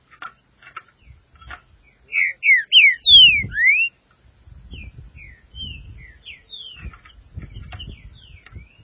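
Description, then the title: Green-winged saltator singing a strong phrase of several clear, swooping whistled notes, followed by softer thin whistles and chips over low rumbling noises. "Trinca Ferro"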